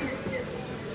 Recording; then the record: coughing mixed with background sound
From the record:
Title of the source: Mid-morning Winter Coughing Fit